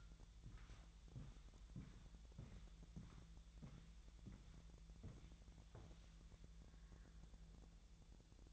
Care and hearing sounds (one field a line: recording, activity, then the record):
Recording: daily activity, microphone in the room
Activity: walk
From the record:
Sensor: 3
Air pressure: 1002.0 hPa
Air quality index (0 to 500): 241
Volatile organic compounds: 108 ppm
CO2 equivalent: 3806 ppm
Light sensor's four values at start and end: 8/19/8/8 and 8/20/8/9